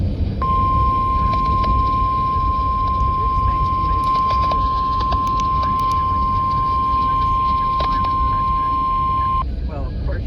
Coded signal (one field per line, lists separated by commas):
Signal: Emergency Alert System (SAME) tones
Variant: 1050 Hz attention tone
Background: speech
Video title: [EAS #2776] TBW Evening Weekly Test (11/23/23)